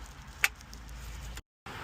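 The last wiring harness connector is plugged into the back of a replacement car radio head unit in a Jeep Compass, giving a single sharp click at 0.4 s that shows it has seated. Quieter small ticks follow over a low background hum, which cuts out completely for a moment near the end before resuming.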